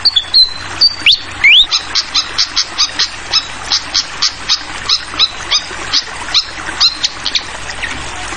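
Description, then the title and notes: Flycatcher song opening with clear whistled slurs rising and falling, then a long series of rhythmic high chips over running water. Masteran (tutoring) of clear-voiced flycatcher song mixed with trickling water, for training songbirds. "Masteran Sikatan Kipas Suara Jernih Dan Suara Gemericik Air. Suara Burung Sikatan Londo"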